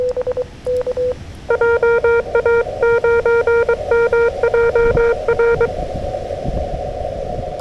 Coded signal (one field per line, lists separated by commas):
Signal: Morse code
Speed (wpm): 23 wpm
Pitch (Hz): 1400 Hz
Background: none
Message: JA9MJR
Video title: 木々の雪が舞う暴風の中でQRP RHM12で運用/ FTX-1F 5W設定/ Snow Bursting from the Trees in Gale Winds / SOTA at Karousan